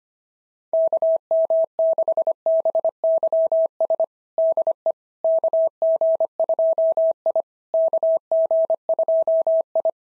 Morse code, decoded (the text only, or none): KM6BYS DE KG2I KG2I